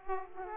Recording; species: mosquito wingbeat signal from an infrared sensor; Aedes aegypti